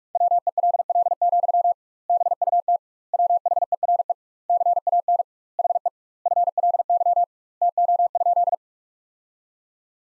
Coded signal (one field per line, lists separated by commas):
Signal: Morse code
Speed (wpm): 46 wpm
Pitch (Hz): 700 Hz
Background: none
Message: WELL, BUT WHERE CAN HE FLY TO?